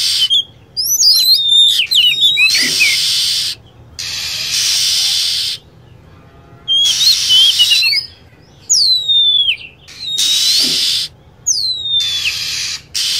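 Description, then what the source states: Lovebird calls: shrill, falling whistled squeaks and clustered chirps, broken up by blocks of steady hiss. Lure recording used to attract lovebirds.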